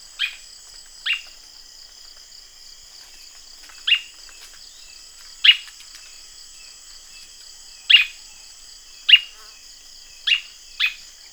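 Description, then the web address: Bird repeating short call notes, about eight at irregular gaps, against a persistent high insect chorus. "BIRD 2015 SABIOD"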